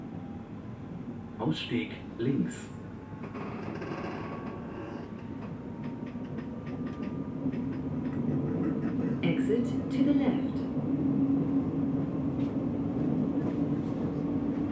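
An S-Bahn train rumbles along with a steady low hum that grows slightly louder and fuller toward the end. Short clicks and knocks from the cars come at scattered moments, and faint voices murmur in the background, most noticeable around the second and tenth seconds.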